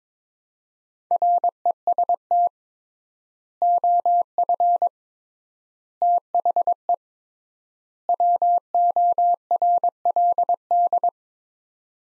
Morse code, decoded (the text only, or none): REST OF THE WORLD